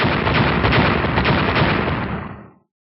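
A rapid series of five heavy, booming explosions blur into one dense, loud roar of crackling blasts and deep rumble as the ground caves in, cutting off abruptly into silence after about two and a half seconds.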